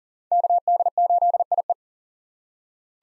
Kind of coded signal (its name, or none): Morse code